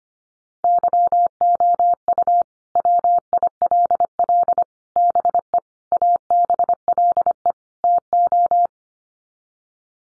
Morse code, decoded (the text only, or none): YOU WILL BE ABLE TO